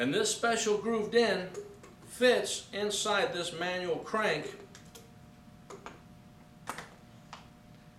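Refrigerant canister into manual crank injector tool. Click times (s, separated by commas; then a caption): 6.7 s. Someone talks while the grooved end of a refrigerant dye/additive canister is pushed into a manual crank injector tool. A series of small clicks follows, and the canister locks into place at 6.7 s.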